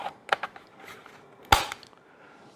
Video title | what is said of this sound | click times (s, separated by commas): A small lawn mower is a must for home mowing! | we will slide our battery in here snaps | 1.5 s